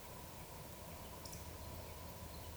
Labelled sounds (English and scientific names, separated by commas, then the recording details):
Eurasian Woodcock (Scolopax rusticola) whistle
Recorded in Baden-Württemberg, Germany, on 1 June 2020 at 19:46 UTC
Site 44397, 226 m above sea level